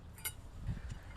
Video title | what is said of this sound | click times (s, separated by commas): Beak Boutique Guide | one of the holes right here so you'll take your tube you'll press down this button and snaps right into place | 0.2 s